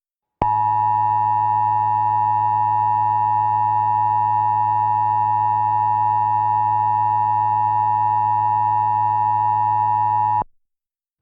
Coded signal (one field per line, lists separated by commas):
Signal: Emergency Alert System (SAME) tones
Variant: 853 and 960 Hz attention tone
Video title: Christmas Special EAS Mock